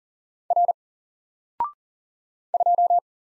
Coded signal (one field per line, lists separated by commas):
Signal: Morse code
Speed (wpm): 40 wpm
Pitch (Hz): 700 Hz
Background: none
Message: R 2